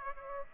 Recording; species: mosquito wingbeat signal from an infrared sensor; Aedes aegypti